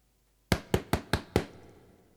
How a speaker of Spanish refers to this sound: Cuando llegó al precioso castillo, llamó a la gran puerta de marfil.